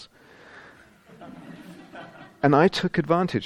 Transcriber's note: laughter